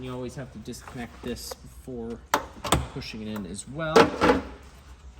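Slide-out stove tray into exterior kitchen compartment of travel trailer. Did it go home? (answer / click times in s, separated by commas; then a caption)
no / none. Someone talks while handling the slide-out stove tray of the exterior kitchen on a 2016 Passport 3220BH travel trailer, getting it ready to push back into its compartment; the line is tugged inside and disconnected first so it doesn't get pinched. Brief bumps and sliding noises are heard around 2.3–2.8 s and again near 4.0–4.3 s under the talking. The tray has not yet seated or locked into place.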